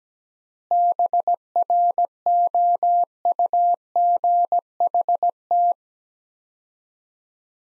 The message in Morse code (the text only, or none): BROUGHT